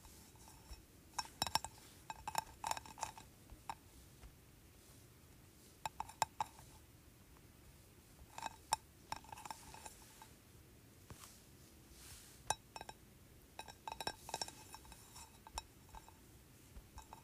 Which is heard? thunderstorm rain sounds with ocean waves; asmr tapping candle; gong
asmr tapping candle